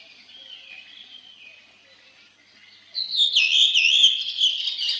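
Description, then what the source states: Redwing song: faint thin twitter for three seconds, then a sudden loud bout of high, scratchy chattering notes. Sings tirelessly in old parks and forest clearings; song opens with a loud whistled trill followed by quiet twittering.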